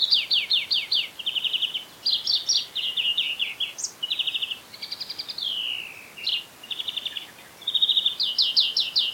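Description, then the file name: European greenfinch calling almost continuously: fast falling chip series, rippling trills and one drawn-out, buzzy, descending wheeze midway, over a quiet background. "Chloris chloris"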